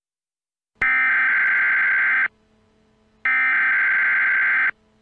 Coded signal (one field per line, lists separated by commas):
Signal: Emergency Alert System (SAME) tones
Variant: header bursts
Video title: Eas Scenario: Star Wars Order 66